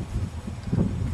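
A drip tape line is handled onto a twist-lock connector fitting, with its collar turned counterclockwise to lock it. Only low, rumbling, wind-like noise with soft rustling is heard, swelling slightly around 0.7–0.9 s. Nothing has seated or clicked yet.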